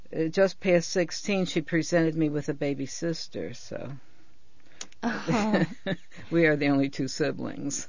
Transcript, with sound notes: just past sixteen she presented me with a baby sister, so. ( they laugh ) We are the only two siblings.